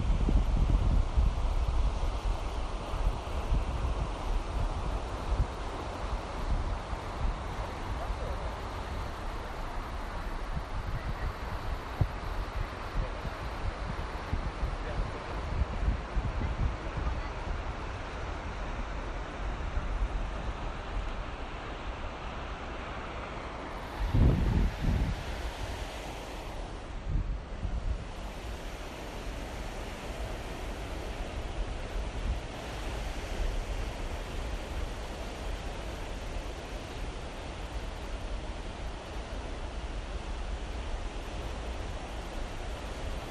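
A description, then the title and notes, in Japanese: At a beach, a steady wash of surf and wind fills the whole clip, dense and fairly even with a low rumble underneath. Wind buffets the microphone in gusts, strongest at the start and around 24 seconds, followed by a brief dip near 27 seconds. 坂ノ下ビーチ。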